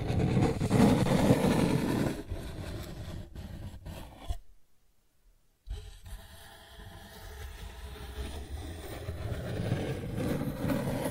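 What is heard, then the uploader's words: Cardboard is scratched and rubbed, loud and rough for the first two seconds, then a lighter, steady scraping. Near the middle it stops briefly to near silence, then the dry rubbing resumes and slowly grows louder toward the end. Cardboard Scratching, Tracing, Tearing.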